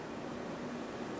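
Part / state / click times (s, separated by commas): screwdriver tip into potentiometer adjustment slot in a sim racing wheel paddle / not seated / none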